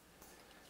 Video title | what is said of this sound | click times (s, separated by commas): Tutorial: Alienware Alpha SSD and RAM Upgrade | in all the way you'll hear it and then down and it clicks into place | 0.2 s